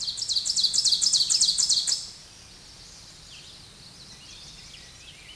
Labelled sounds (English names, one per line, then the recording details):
Ovenbird song
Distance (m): 10 m
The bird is about 5 m below the microphone
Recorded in a Pennsylvania forest on 16 May 2024 at 07:23
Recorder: AudioMoth, point MSD-0475
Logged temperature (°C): 12.3 °C
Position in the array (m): 149 m, -8 m